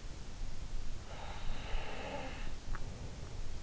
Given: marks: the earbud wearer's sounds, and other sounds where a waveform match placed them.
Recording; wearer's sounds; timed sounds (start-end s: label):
sounds in sleep by an in-ear microphone; breath
0.79-3.51 s: breath